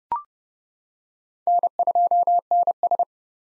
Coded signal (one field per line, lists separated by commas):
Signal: Morse code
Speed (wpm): 30 wpm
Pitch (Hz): 700 Hz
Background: none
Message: N2NS